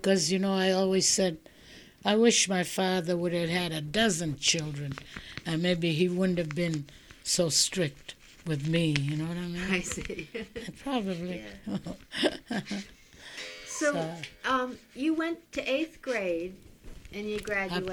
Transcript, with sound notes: Because, you know, I always said, I wished my father would have had a dozen children, and maybe he wouldn't have been so strict with me. You know what I mean? ( they laugh )
So you went to eighth grade and you graduated.